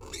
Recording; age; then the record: pig call; weaner (32 to 43 days)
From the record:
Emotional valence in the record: negative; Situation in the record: novel object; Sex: female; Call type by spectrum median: high-frequency call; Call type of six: high-frequency modulated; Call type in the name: high-frequency modulated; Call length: 0.20 s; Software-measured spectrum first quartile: 557 Hz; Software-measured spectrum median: 2920 Hz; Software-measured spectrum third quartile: 5764 Hz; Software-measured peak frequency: 62 Hz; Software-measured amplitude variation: 130 dB a second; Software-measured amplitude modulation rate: 24.4 a second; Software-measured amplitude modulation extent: 5.3 dB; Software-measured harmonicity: 3.8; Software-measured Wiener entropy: -2.68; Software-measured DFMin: 609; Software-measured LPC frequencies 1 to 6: 2188, 3668, 4265, 5549, 6326, 7170 Hz